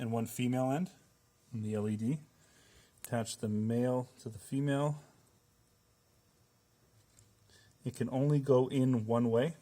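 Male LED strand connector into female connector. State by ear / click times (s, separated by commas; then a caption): not seated / none. Someone talks while the male and female connector ends of a Black Ice LED strand, being replaced in a waterfall, are handled and lined up before the male end is pushed into the female connector. Nothing has seated or clicked yet.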